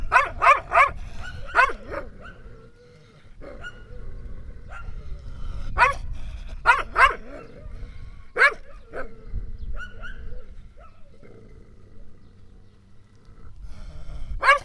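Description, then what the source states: Dog barking in rapid bursts of two and three sharp barks, with pauses between volleys and a low rumbling background throughout. Village dogs in a hamlet in Laâssilat, Morocco, tied up, barking and growling in front of a house; recorded by Kais, Ayman and Mohamed.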